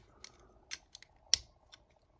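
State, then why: Not seated. A plastic performance tip is being fitted onto the spin track of a Meteo L-Drago LW105LF spinning top, producing a few sharp plastic ticks around 0.2, 0.7 and 1.0 seconds and the loudest one at 1.3 seconds. The tip does not seat or click into place and stays loose enough to pull off by hand, which suggests the part may be defective.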